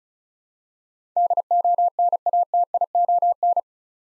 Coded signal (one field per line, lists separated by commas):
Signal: Morse code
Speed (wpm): 34 wpm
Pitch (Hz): 700 Hz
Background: none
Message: DONATION